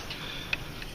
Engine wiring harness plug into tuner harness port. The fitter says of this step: we hear it click